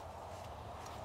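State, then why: Not seated. A notched top piece is being lined up by its notches and handled over its base before being pushed down, with only a steady low, hum-like background and no distinct sharp sounds. Nothing has seated or clicked yet in this clip.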